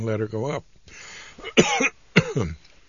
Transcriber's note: he coughs